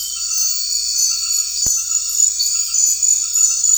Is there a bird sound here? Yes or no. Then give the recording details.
no. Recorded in secondary vegetation near Puerto Asís, Putumayo, Colombia, on 9 March 2025 at 20:30. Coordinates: 0.499, -76.323. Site G094